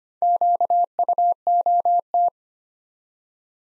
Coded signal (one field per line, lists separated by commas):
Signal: Morse code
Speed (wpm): 25 wpm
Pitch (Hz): 700 Hz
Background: none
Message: QUOT